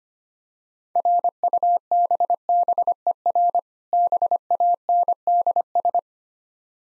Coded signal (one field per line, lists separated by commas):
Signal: Morse code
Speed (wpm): 25 wpm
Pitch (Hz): 700 Hz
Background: none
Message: RUBBER BANDS